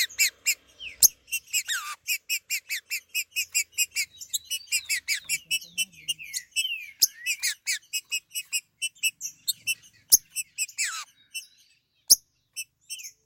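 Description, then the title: Green-winged saltator singing fast, evenly spaced ringing notes with occasional falling slurs, then thinning to scattered notes and clicks at the end. "Trinca Ferro"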